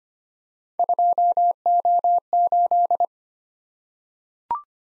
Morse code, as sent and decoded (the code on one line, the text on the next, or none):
..--- --- ---..
2O8